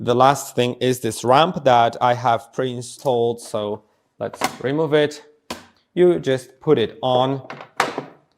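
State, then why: Not seated. Someone talks while setting a plastic ramp onto the docking station base of a Dreame Aqua10 Ultra robot vacuum. At about 7.8 s the ramp lands with a short, wooden-sounding thunk, followed by a fainter knock at 8.0 s. The ramp is meant to click into place, but it has not clicked.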